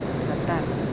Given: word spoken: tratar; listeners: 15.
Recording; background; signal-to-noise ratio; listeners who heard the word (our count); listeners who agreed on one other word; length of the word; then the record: one Spanish word in noise, from a listening test; speech-shaped noise; -4.2 dB; 5 of 15; 6 of 15; 0.53 s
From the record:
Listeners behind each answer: 6, 5, 3, 1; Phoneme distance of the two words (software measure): 24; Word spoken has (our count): 2 syllables, 6 phonemes, stress on syllable 2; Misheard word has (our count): 2 syllables, 6 phonemes, stress on syllable 2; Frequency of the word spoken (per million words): 68.34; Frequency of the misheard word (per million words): 24.15